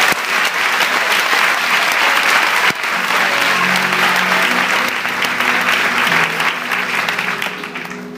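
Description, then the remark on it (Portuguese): A large group applauds the Lord, clapping continuously in a dense, steady roar of applause that holds strong for several seconds, with a faint tonal hum underneath, before gradually easing off slightly toward the end. “Você pode aplaudir o Senhor por isso.”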